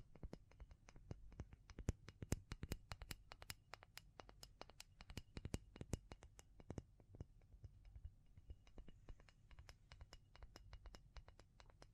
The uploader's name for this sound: Tapping & Scratching